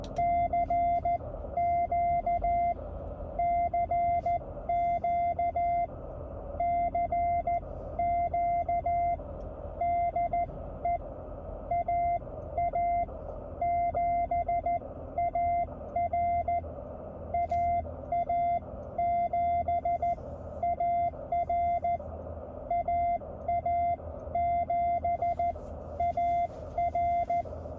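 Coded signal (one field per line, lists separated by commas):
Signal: Morse code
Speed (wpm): 14 wpm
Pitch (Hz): 690 Hz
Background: none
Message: CQ CQ CQ DE AA7AR AA7AR AA7AR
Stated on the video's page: Elecraft K1 QRP go-kit operated mobile on battery power from the car dash, 20M, with a very low noise level.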